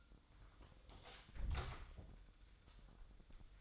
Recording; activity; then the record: daily activity, microphone in the room; close door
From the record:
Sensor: 3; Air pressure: 1004.9 hPa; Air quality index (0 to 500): 74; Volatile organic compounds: 2 ppm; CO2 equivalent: 1117 ppm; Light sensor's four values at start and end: 8/20/8/8 and 8/20/8/8